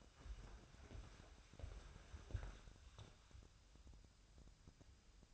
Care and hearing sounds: daily activity, microphone in the room; walk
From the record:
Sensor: 2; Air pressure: 1015.2 hPa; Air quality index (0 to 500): 119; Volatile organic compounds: 3 ppm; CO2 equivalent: 1532 ppm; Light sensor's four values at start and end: 12/34/13/15 and 11/26/11/12

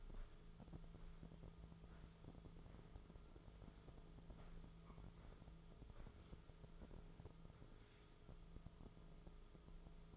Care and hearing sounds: daily activity, microphone in the room; walk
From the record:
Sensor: 5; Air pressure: 1005.6 hPa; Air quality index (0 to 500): 92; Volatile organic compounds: 2 ppm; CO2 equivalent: 1116 ppm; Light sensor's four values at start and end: 33/77/31/29 and 33/77/31/29

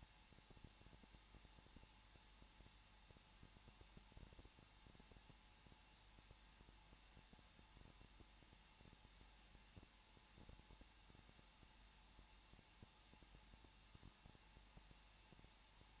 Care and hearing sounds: daily activity, microphone in the room; no activity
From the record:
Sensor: 1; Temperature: 20.0 degrees Celsius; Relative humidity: 39.5%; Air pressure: 1006.4 hPa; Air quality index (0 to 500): 220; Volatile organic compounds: 83 ppm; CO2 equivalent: 3634 ppm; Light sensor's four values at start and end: 1/2/1/1 and 1/2/1/1

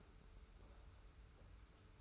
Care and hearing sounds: daily activity, microphone in the room; take from stove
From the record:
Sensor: 2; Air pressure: 991.0 hPa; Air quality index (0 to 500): 110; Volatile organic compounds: 48 ppm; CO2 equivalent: 3274 ppm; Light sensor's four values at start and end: 34/102/40/38 and 34/102/40/38

